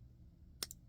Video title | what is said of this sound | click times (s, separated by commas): SPYDERCO 15V PM2! | that little click there. Tiniest bit of lock stick. | 0.6 s